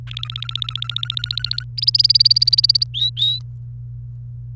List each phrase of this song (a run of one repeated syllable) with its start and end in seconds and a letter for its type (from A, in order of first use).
0.07-1.64 A, 1.77-2.83 B, 2.94-3.39 C